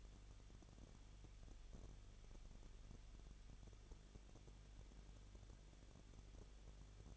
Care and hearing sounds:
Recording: daily activity, microphone in the room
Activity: no activity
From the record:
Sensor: 4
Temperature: 23.0 degrees Celsius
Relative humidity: 34.4%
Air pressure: 1007.3 hPa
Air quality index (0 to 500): 216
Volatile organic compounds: 15 ppm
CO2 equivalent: 2502 ppm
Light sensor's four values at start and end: 2/3/1/1 and 2/3/1/1

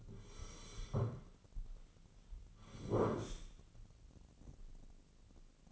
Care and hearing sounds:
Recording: daily activity, microphone in the room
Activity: sit down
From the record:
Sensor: 4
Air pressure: 1010.0 hPa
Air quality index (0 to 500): 195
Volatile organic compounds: 3 ppm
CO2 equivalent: 1402 ppm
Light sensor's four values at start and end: 41/100/42/45 and 41/100/42/45

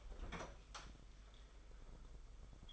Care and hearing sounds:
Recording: daily activity, microphone in the room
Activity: open fridge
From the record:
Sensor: 5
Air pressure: 991.2 hPa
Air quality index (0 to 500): 112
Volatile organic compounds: 28 ppm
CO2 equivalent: 2920 ppm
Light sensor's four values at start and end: 36/112/43/45 and 37/114/44/46

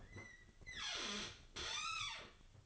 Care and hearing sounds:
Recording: daily activity, microphone in the room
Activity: open fridge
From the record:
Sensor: 4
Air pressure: 1008.6 hPa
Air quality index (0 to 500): 74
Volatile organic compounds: 1 ppm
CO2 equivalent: 629 ppm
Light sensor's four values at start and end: 13/29/12/12 and 12/28/11/11

